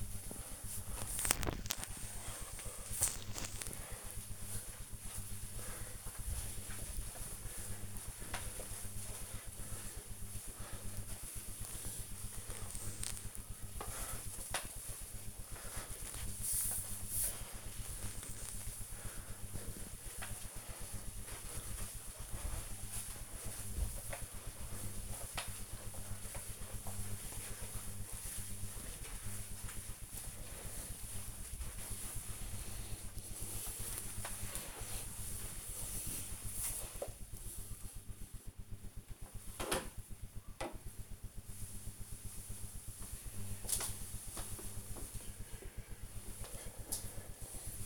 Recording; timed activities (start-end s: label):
household activities, microphone on the right wrist
0.00-38.61 s: floor cleaning